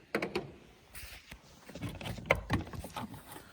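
The plastic OEM side turn-signal (mirror indicator) housing of a Golf 6 GTI is pulled off the car body by hand, and its plastic clips pop free with sharp clicks at about 0.2 s and 2.3 s amid softer handling rattles. The housing is released, coming off by hand with no tricky clips to remove.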